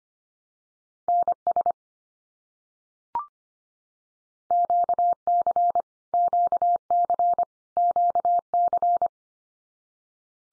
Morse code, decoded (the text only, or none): NS QC QC QC